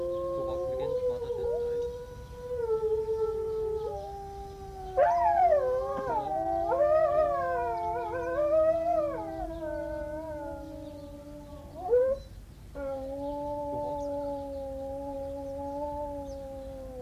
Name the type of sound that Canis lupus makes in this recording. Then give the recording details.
howling. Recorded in captivity. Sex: group. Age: adult. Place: Zoo Kischinjow, MD. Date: 1982-03-12. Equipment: Sonett, RFT DM 2112, Kopie Tascam 22-2. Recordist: Frommolt, Karl-Heinz